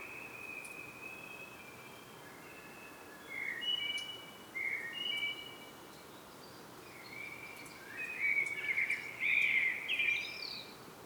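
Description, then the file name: Common blackbird song, a few short fluted notes and brief phrases building into a longer, richer warble with squeaky high flourishes, over a steady hiss. "Turdus merula"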